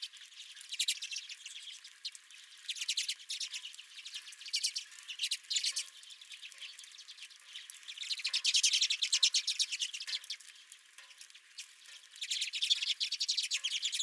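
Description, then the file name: Redpoll calls: rapid dry chattering notes in bursts, several birds overlapping, with pauses between trills. Redpolls at the recordist's own feeder. "Redpolls at My Feeder"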